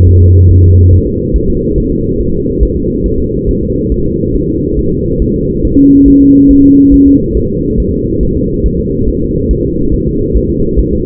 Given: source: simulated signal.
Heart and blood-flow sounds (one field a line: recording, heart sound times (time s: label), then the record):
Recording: fetal heart sounds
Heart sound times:
0.09 s: S1
0.23 s: S2
0.51 s: S1
0.65 s: S2
0.93 s: S1
1.07 s: S2
1.36 s: S1
1.50 s: S2
1.78 s: S1
1.92 s: S2
2.21 s: S1
2.34 s: S2
2.63 s: S1
2.77 s: S2
3.06 s: S1
3.20 s: S2
3.49 s: S1
3.63 s: S2
3.92 s: S1
4.06 s: S2
4.36 s: S1
4.49 s: S2
4.79 s: S1
4.93 s: S2
5.22 s: S1
5.36 s: S2
5.65 s: S1
5.79 s: S2
6.08 s: S1
6.22 s: S2
6.51 s: S1
6.65 s: S2
6.94 s: S1
7.08 s: S2
7.37 s: S1
7.51 s: S2
7.80 s: S1
7.94 s: S2
8.23 s: S1
8.37 s: S2
8.66 s: S1
8.80 s: S2
9.09 s: S1
9.22 s: S2
9.51 s: S1
9.65 s: S2
9.94 s: S1
10.08 s: S2
10.37 s: S1
10.50 s: S2
10.80 s: S1
10.93 s: S2
From the record:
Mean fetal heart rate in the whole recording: 140 bpm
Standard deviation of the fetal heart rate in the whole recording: 2 bpm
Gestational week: 34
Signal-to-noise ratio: -15.3 dB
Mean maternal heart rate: 72 bpm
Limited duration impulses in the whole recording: present